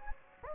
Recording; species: mosquito wingbeat signal from an infrared sensor; Anopheles gambiae